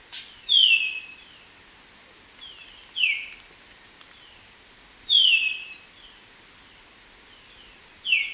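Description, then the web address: Golden-rumped euphonia calls: clear whistles that fall in pitch, repeated several times, with fainter notes between them. Recorded in Ecuador. "Birds of Ecuador. Golden-rumped Euphonia"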